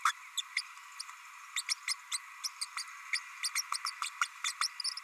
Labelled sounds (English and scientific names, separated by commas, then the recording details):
Green-rumped Parrotlet (Forpus passerinus) babbling
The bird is a male
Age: 30 days
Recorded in a nest box in Venezuela
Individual 17B32A6